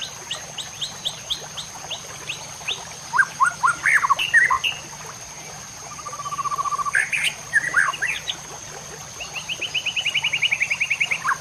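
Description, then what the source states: White-rumped shama song: scattered short notes, a burst of varied chirps, a flat whistle, then a fast rattling trill toward the end. Master song (masteran) for training cage birds, murai batu labaik style.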